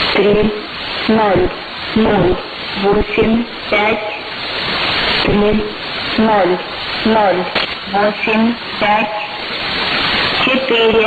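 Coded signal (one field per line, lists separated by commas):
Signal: numbers station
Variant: S06s, Russian female voice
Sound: female voice reading short evenly spaced words through heavy hiss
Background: radio static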